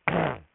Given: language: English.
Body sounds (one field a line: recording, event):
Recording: throat vibration sensor signal played as sound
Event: throat clearing